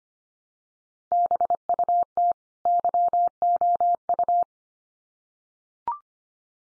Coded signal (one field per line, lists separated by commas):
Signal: Morse code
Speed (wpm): 25 wpm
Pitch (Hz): 700 Hz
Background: none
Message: BUT YOU